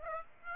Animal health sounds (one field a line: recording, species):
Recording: mosquito wingbeat signal from an infrared sensor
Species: Aedes aegypti